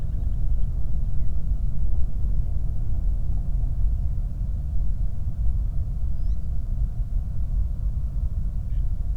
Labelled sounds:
bird, flare stack
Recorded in the Prudhoe Bay oil fields, Alaska, on 8 July 2019 at 00:01
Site 25

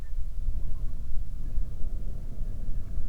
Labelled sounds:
waterfowl, wind
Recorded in the Prudhoe Bay oil fields, Alaska, on 31 July 2019 at 07:57
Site 24

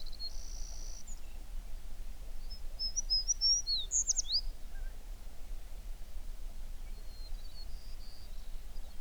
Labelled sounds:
songbird
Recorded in the Prudhoe Bay oil fields, Alaska, on 11 June 2019 at 05:40
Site 21

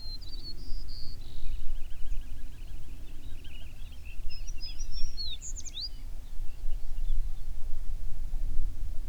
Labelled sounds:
songbird
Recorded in the Prudhoe Bay oil fields, Alaska, on 11 June 2019 at 05:15
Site 21

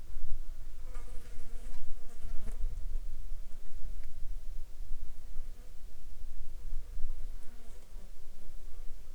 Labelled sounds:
insects
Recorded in the Arctic National Wildlife Refuge, Alaska, on 14 July 2019 at 20:46
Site 35

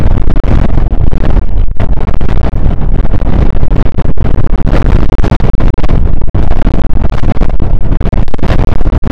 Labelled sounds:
wind
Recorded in the Prudhoe Bay oil fields, Alaska, on 1 August 2019 at 02:03
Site 29

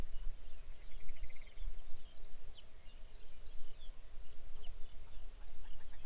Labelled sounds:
songbird, grouse or ptarmigan, shorebird
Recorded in the Arctic National Wildlife Refuge, Alaska, on 23 May 2019 at 05:37
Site 49

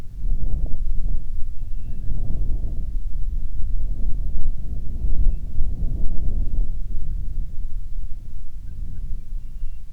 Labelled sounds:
bird, wind
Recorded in the Prudhoe Bay oil fields, Alaska, on 25 July 2019 at 02:10
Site 11

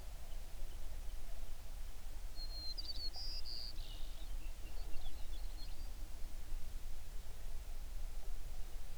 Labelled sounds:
songbird
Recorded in the Prudhoe Bay oil fields, Alaska, on 11 June 2019 at 05:19
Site 21

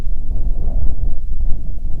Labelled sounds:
bird, wind
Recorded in the Prudhoe Bay oil fields, Alaska, on 25 July 2019 at 01:46
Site 11

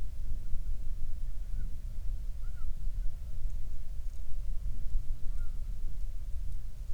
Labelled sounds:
waterfowl, wind
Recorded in the Prudhoe Bay oil fields, Alaska, on 31 July 2019 at 08:02
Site 24

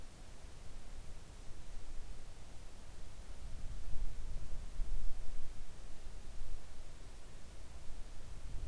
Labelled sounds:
near silence
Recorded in the Arctic National Wildlife Refuge, Alaska, on 3 August 2019 at 06:07
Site 41

